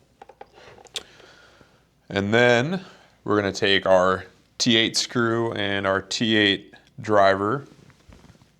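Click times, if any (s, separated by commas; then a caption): 0.4 s, 1.0 s. The front plastic housing of a GCE Zen-O Lite portable oxygen concentrator is pressed down and pushed up toward the top so its tabs lock into place, with clicks at 0.4 s and 1.0 s among a few soft taps. Afterward someone talks, and the housing ends up seated with its tabs snapped in.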